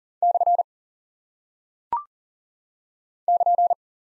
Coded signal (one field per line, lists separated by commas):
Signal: Morse code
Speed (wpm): 38 wpm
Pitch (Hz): 700 Hz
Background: none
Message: / <KN>